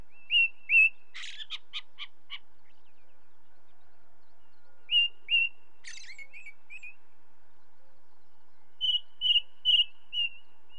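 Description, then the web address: Ring ouzel song in short bursts: two to four strong piping notes with scratchy rattled twittering between phrases and brief pauses of quiet. "BBC Sound Effects Library. Ring Ouzel"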